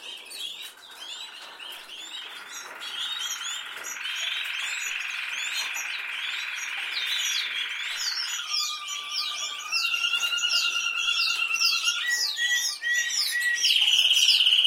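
Canary in long unbroken song: rolling trills and steady whistled tones, shifting to lower sustained notes and then fast repeated high syllables.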